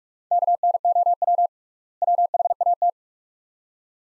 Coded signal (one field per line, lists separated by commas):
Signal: Morse code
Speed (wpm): 43 wpm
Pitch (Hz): 700 Hz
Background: none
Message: KNOW WHAT